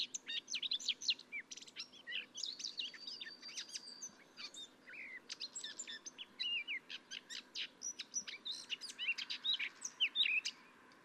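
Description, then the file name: Eurasian blackcap giving a dense, hurried warble of sharp chirps and short whistles throughout, against a steady background rush of noise. "Sylvia atricapilla"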